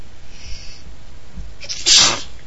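A very wet sneeze from a woman: a short intake of breath, then a sharp, spraying, broadband burst strongest in the high frequencies.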